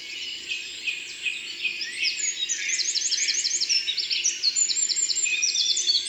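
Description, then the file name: Eurasian wren song: rapid, high, sharply repeated trilled notes in fast bursts. Drôme, France. "Troglodyte mignon Concerts Naturels de la Drome Studio les Trois Becs"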